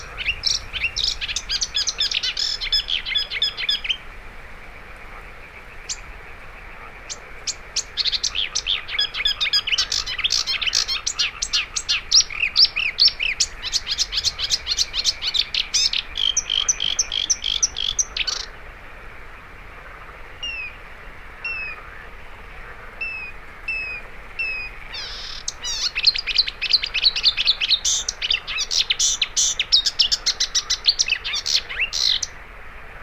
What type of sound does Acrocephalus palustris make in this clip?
song